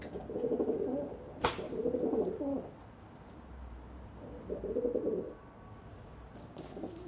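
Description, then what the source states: Pigeon cooing: two rolling coo phrases broken by a sharp snap, a pause, then another coo and a fainter one at the end. Several pigeons on a balcony in Saint-Gilles, Belgium, cooing and fighting with wing beats; recorded with Sony PCM-D100 internal microphones in wide position.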